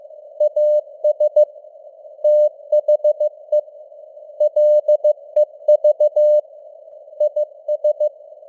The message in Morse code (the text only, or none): AS THE LEV IS